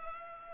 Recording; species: mosquito wingbeat signal from an infrared sensor; Culex pipiens